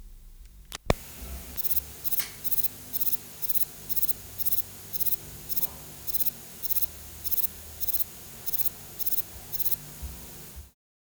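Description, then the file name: Grey bush-cricket song: short, very high, dry chirps repeated steadily about twice a second, preceded by one sharp click near the start. Subspecies grisea; recorded 29 November. "Platycleis albopuntata grisea 29-Nov"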